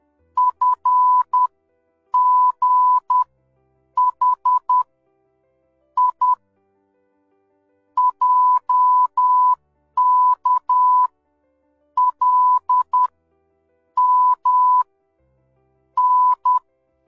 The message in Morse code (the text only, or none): F G H I J K L M N